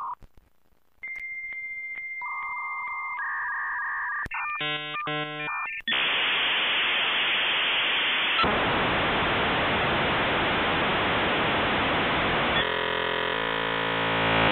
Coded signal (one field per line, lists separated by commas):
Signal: dial-up modem handshake